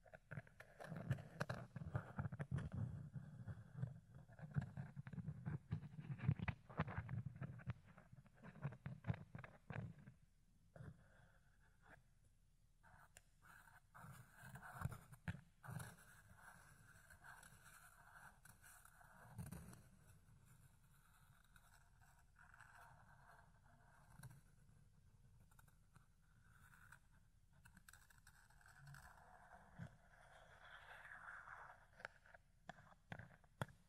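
Fluffy ear cleaning with a dense, rustling, scratchy texture of soft rubbing and picking. The first ten seconds are louder, with a low muffled rumble under the scraping. After that the sound thins into lighter, irregular scratches and brushes, with brief louder swells near fifteen and thirty seconds.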